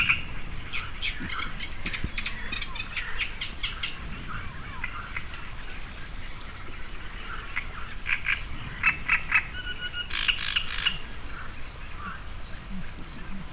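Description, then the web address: Edible frog croaking in many pulsed, rattling bursts over steady background noise. Hortobágy National Park, Hungary, 1 May 2013. "allathangok hortobagyinemzetipark 2013. kecskebeka"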